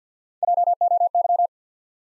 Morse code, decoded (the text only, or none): J O Y